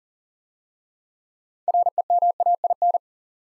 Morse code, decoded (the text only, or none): REMAIN